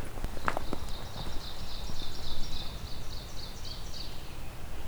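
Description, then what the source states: Ovenbird teacher song: faint, high, repeated two-part phrases running steadily throughout over low rumbling background noise and a few clicks like footsteps. Two ovenbirds singing the teacher song, probably on territory, on the main trail in from a parking lot, in late May.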